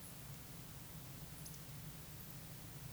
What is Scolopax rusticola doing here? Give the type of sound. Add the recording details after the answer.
whistle. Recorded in Baden-Württemberg, Germany, on 11 June 2021 at 20:07 UTC. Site 24606, 635 m above sea level